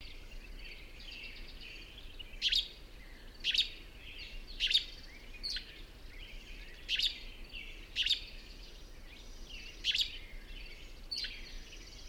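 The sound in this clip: Bird song with high twittering and chattering notes, interrupted by abrupt loud snapping sounds about every second, over constant background noise.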